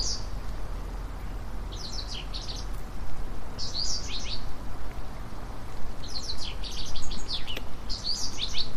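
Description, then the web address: Japanese wagtail song, several clusters of bright, high, slurred chirps separated by short pauses, over continuous low rushing noise. Recorded at Fushimi River on 10 June 2017. "saezuri segurosekirei 20170610 fushimigawa"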